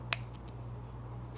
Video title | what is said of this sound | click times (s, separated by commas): GCTV Field Kit Training | when you hear a click | 0.1 s